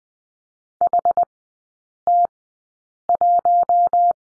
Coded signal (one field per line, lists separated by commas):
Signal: Morse code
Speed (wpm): 20 wpm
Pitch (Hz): 700 Hz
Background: none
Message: HT1